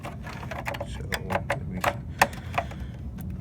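A RAM stick is lined up and pushed down into its motherboard memory slot. A run of small clicks and rattles is heard, with the slot latches clicking at 1.5 s and 2.2 s as the module seats.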